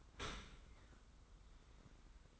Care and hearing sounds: daily activity, microphone in the room; open dishwasher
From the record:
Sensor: 3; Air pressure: 990.5 hPa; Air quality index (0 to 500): 195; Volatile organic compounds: 1000 ppm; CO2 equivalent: 6391 ppm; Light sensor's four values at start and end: 41/97/39/37 and 41/97/39/37

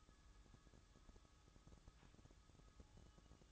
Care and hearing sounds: daily activity, microphone in the room; take from stove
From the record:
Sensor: 3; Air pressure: 1008.0 hPa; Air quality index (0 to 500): 118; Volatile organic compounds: 2 ppm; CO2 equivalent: 978 ppm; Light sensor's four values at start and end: 9/20/8/8 and 9/20/8/8

